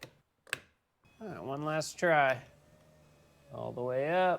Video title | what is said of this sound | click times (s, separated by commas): 2009-2013 Subaru Forester Front Window Motor Regulator Replacement How To DIY | Plug this in, and this should just snap right in place. | 0.0 s, 0.5 s